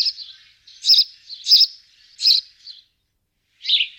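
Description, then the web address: Bird giving bright high chirps, several in a row, a pause, then one more. "bird voice"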